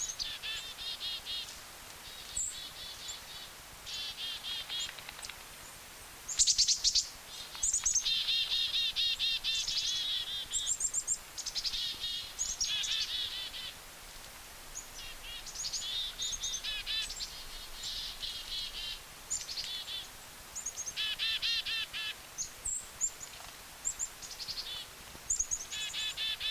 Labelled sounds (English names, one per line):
Black-capped Chickadee call